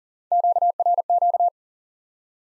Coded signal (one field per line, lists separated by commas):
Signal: Morse code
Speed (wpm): 37 wpm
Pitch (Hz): 700 Hz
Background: none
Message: QRQ